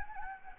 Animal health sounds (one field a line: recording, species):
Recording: mosquito wingbeat signal from an infrared sensor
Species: Anopheles gambiae